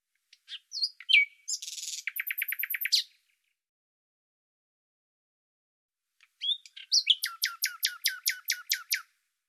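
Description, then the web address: Bird song: whistled and buzzy notes run into a quick trill, then after a pause a second phrase of about ten evenly spaced sharp notes. "Deverinetal 2025"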